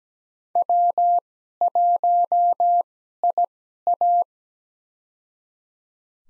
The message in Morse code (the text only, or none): W1IA